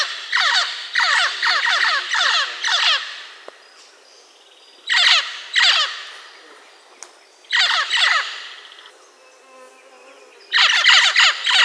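Bird giving harsh, raspy calls in rapid stuttering bursts of one to three seconds, each made of quick descending strokes, with short quiet gaps between bouts.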